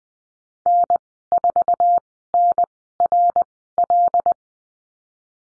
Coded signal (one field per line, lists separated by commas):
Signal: Morse code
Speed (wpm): 20 wpm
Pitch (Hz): 700 Hz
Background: none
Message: N4NRL